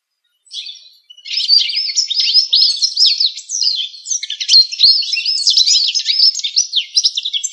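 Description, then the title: Bird singing a fast, continuous warble of high twittering and sweeping notes, tumbling up and down with scarcely a pause. "LuckyPassaros CompletosSama"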